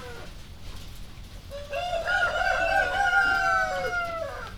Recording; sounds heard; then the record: poultry house recording; healthy chickens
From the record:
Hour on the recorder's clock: 1